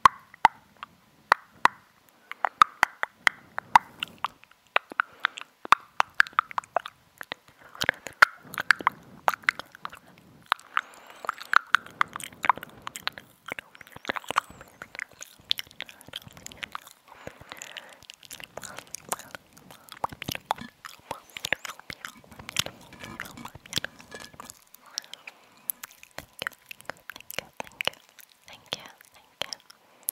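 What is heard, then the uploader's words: Wet mouth sounds and gum chewing click and smack in dense, irregular bursts over soft whispery breath, continuing throughout the clip. Mouth Sounds. Chewing Gum. Rode Mic.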